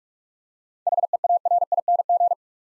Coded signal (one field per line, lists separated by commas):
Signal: Morse code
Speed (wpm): 46 wpm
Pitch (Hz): 700 Hz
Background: none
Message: HEARING